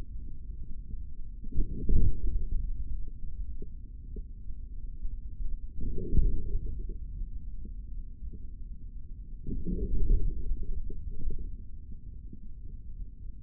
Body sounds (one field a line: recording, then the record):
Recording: forearm muscle sounds (acoustic myography)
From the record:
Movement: forearm pronation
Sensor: system 3, bracelet of six PUI Audio POM-2738L microphones around the upper forearm, with dedicated amplification and filtering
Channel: 5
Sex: male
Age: 23 years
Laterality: right